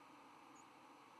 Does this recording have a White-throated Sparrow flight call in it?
no